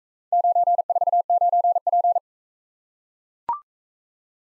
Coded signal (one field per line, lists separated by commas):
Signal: Morse code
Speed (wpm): 40 wpm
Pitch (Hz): 700 Hz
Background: none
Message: 949P